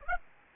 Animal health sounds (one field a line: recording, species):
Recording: mosquito wingbeat signal from an infrared sensor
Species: Aedes aegypti